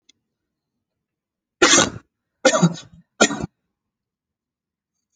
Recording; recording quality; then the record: heavy voluntary cough; excellent, no background noise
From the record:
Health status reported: exposed to COVID-19, no respiratory illness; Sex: male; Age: 37 years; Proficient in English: yes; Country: India